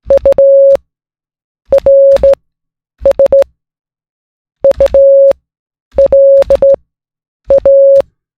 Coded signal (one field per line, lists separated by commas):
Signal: Morse code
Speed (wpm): 16 wpm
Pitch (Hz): 550 Hz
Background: none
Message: URSULA